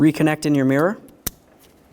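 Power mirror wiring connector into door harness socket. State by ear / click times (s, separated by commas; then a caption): seated / 1.3 s. Someone talks as the power mirror wiring connector is plugged back into its plastic socket inside the door of a 2007-2012 Dodge Caliber during a window regulator replacement. A single sharp click at 1.3 s shows the connector is seated and secured.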